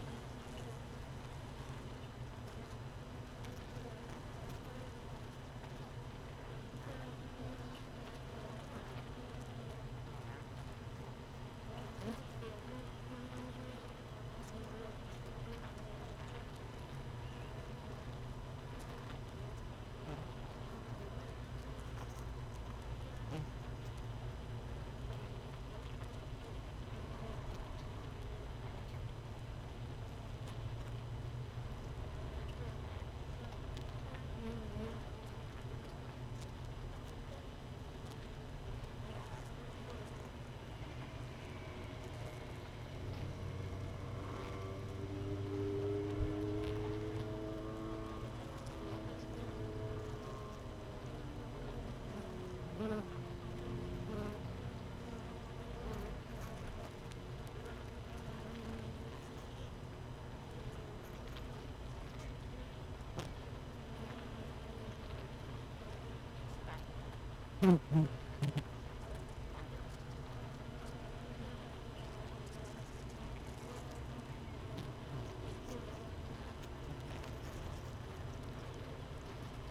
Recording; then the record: honeybee colony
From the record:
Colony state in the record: missing queen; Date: 31 May 2018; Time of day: 15:10